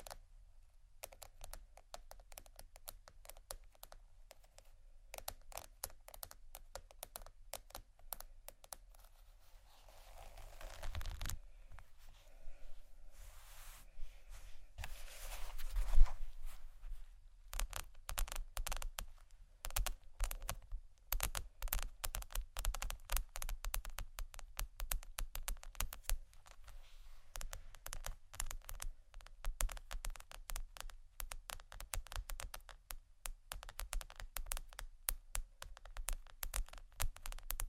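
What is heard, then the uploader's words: Tapping and scratching on bags, a dense stream of quick, sharp clicks and rustles that rarely pauses. Activity is lighter early on, then thickens after about ten seconds, with a louder burst near sixteen seconds and a low rumble underneath throughout. ASMR Tappingscratching Galore 4 Bags (No Talking).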